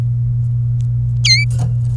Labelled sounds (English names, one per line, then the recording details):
Domestic Canary song
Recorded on 26 April 2018 at 16:25
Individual llb3